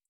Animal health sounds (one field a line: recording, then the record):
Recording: hydrophone in a shrimp aquaculture tank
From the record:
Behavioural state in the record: feeding